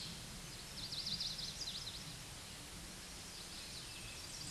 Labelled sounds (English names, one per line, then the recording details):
Chestnut-sided Warbler song
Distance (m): 35 m
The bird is about 10 m above the microphone
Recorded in a Pennsylvania forest on 16 May 2024 at 07:04
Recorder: AudioMoth, point MSD-2201
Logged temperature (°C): 15.5 °C
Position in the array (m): 152 m, 83 m